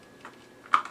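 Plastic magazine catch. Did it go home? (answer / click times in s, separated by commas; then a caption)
released / 0.7 s. The magazine release button on a UTG Gen 5 Master Sniper Rifle airsoft rifle is pressed, and the magazine pops out of the magazine well, now releasing correctly after being fixed. After faint ticks around 0.3 s and 0.7 s, a sharp, loud click comes at 0.7 s, followed by a softer tick at 0.9 s.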